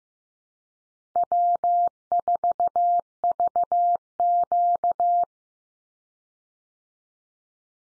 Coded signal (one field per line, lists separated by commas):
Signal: Morse code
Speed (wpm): 15 wpm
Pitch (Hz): 700 Hz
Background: none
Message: W4VQ